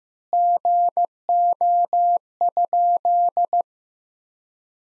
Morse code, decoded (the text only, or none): GO?